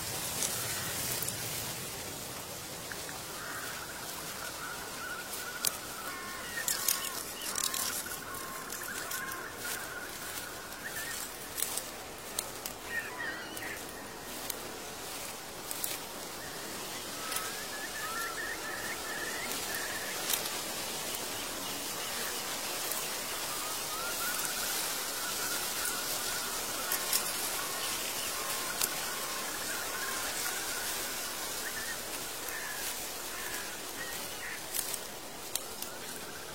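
A steady, dense rustle of falling leaves fills the whole recording, with sharp little crackles and taps scattered throughout. Distant mountain birds call in drawn-out trilling runs, around 7–13 seconds, 20–24 seconds and again at 26–31 seconds.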